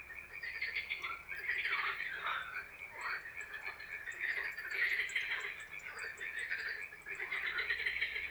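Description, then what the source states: Frogs calling in chorus, overlapping trilling croaks in bursts of a second or two, rising and falling in waves with brief lulls between. Frog chorus recorded in Czechia.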